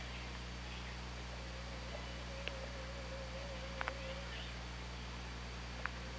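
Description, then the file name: Killer whale call: a thin, steady tone that wavers gently for about three seconds, with a few sharp clicks and constant low underwater hum. Recorded on the OrcaLab hydrophone, 24 August 2017 at 15:06:51. "Orca Lab 20170824 150651"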